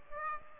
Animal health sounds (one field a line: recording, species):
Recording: mosquito wingbeat signal from an infrared sensor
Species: Aedes aegypti